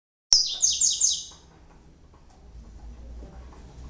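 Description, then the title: Double-collared seedeater song: a short burst of four quick high descending slurred notes, then fading into quiet low background hum. "Canto Coleiro"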